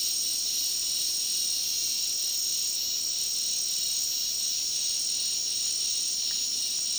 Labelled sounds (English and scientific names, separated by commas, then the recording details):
none
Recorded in dense forest near Puerto Asís, Putumayo, Colombia, on 20 February 2024 at 15:00
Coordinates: 0.499, -76.324
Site G6469